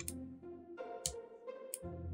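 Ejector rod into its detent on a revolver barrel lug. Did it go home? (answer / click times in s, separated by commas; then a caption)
yes / 1.1 s. The metal ejector rod of a percussion revolver is pulled forward, rotated over and snapped into its spring detent on the barrel lug, over a steady low tonal background. Short, sharp clicks sound near 0.1, 1.1 and 1.7 seconds, with the clearest at 1.1 seconds, when the rod seats in its detent.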